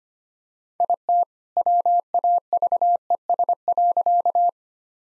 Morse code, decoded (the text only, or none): IT WAVES.